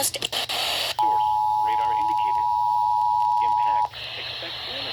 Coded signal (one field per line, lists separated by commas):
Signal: Emergency Alert System (SAME) tones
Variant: 853 and 960 Hz attention tone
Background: speech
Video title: EAS #294-295 Severe Thunderstom Warning on NOAA Weather Radio/FM Radio